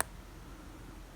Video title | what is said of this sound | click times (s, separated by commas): ASMR Model Railroad 2024-04-10 | only go one way so that's not too hard either it should snap into place | 0.0 s